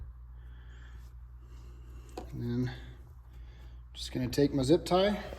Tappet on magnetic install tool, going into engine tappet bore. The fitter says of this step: bring it up till it clicks